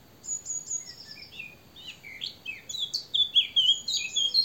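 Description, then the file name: Eurasian blackcap song, a brief warble that starts soft and swells into clear, loud fluty notes near the end, with thin high whistles above. "Sylvia atricapilla"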